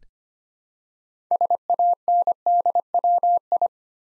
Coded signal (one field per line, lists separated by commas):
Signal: Morse code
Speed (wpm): 25 wpm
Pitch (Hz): 700 Hz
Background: none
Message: SANDWI